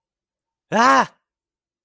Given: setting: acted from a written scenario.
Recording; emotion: vocal sound without words; distress